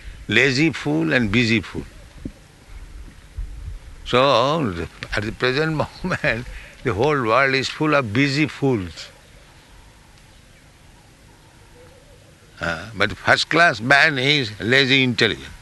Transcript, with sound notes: lazy fool and busy fool." So at the present moment [laughs] the whole world is full of busy fools. But the first-class man, he is lazy intelligent.